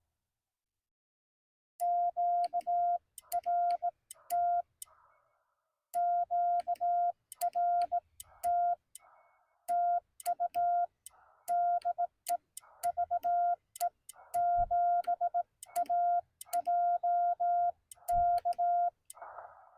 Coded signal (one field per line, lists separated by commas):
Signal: Morse code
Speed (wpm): 18 wpm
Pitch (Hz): 700 Hz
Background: none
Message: QRT QRT TU DE VE7AJK